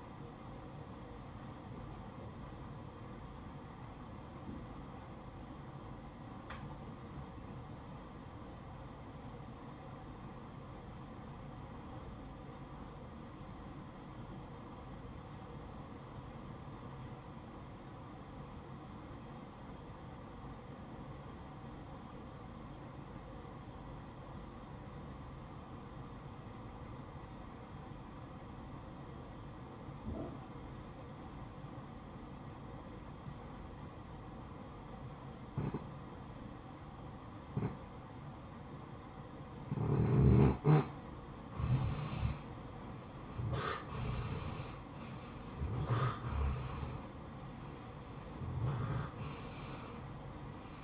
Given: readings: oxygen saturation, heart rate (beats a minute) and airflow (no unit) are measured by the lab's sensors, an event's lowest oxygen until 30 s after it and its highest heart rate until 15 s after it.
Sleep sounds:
breathing in sleep by a smartphone at the bedside; 1
5.00-43.10 s: obstructive apnea (REM, oxygen 94% highest, then 80% lowest, heart rate 62 at the start, 74 highest)
From the record:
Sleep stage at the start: REM sleep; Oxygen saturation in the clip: 78 to 94%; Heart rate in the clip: 56 to 72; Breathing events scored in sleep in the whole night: 573 in 9.8 hours asleep

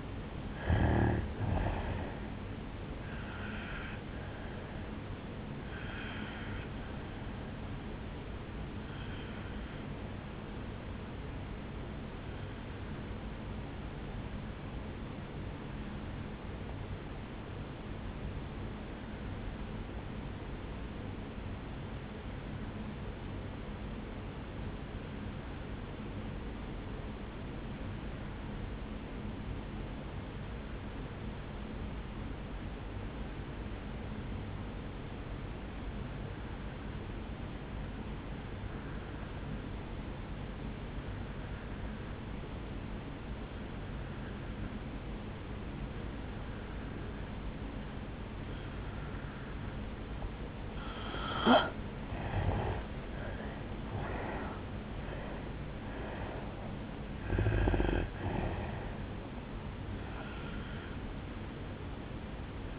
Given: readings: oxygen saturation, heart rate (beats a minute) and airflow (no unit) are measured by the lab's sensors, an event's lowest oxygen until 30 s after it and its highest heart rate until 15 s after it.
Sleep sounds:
breathing in sleep by a voice recorder at the bedside; 1
10.00-51.40 s: obstructive apnea (N2, oxygen 97% highest, then 83% lowest, heart rate 61 at the start, 76 highest)
42.00-62.79 s: new sleep stage, N1 (lightest sleep)
From the record:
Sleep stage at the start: N2 (light sleep); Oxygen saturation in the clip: 83 to 97%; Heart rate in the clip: 54 to 76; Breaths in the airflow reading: 5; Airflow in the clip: -9.7 to 6.5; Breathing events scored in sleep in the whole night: 449 in 7.0 hours asleep

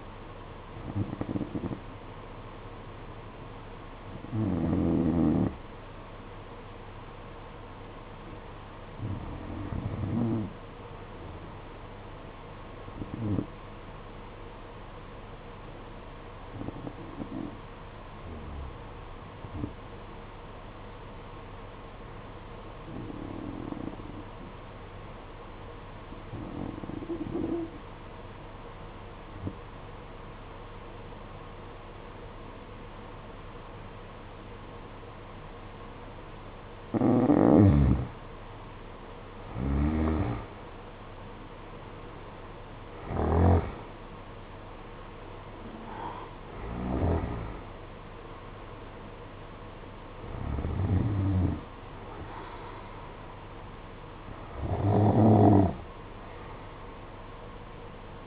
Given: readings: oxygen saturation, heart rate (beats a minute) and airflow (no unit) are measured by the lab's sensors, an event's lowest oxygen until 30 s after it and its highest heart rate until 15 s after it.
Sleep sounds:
breathing in sleep by a voice recorder at the bedside; 1
4.00-38.80 s: hypopnea (N1, oxygen 95% highest, then 87% lowest, heart rate 53 at the start, 65 highest)
23.00-58.27 s: new sleep stage, N2 (light sleep)
From the record:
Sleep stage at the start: N1 (lightest sleep); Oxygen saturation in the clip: 88 to 95%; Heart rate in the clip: 52 to 65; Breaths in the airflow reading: 12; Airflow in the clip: -11.4 to 11.6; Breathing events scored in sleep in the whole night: 476 in 9.7 hours asleep

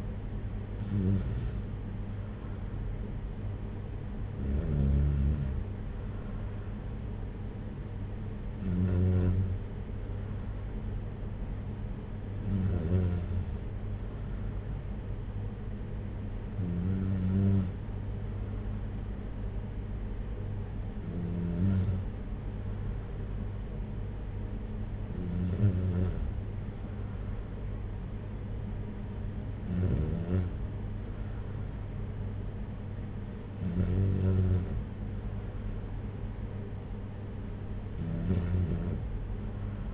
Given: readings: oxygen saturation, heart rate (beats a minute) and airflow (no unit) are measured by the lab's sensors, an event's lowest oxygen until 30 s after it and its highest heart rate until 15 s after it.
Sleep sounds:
breathing in sleep by a smartphone at the bedside; none
none scored
From the record:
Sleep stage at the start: N2 (light sleep); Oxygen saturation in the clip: 92 to 94%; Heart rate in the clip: 56 to 61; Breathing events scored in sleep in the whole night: 226 in 8.8 hours asleep

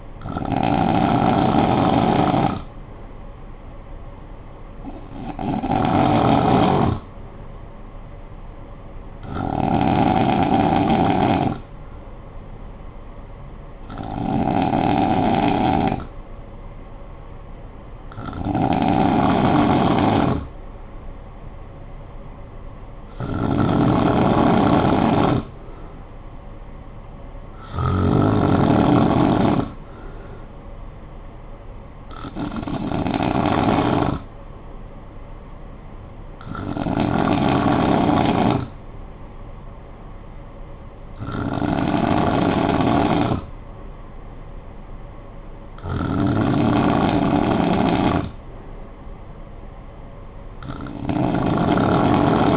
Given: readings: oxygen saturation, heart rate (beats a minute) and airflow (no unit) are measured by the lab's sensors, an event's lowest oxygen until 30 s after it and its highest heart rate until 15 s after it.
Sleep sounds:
breathing in sleep by a smartphone at the bedside; none
none scored
From the record:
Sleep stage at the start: N2 (light sleep); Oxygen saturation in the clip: 91 to 94%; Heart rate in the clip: 54 to 62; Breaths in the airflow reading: 11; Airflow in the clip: -8.1 to 4.7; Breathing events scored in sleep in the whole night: 445 in 7.6 hours asleep

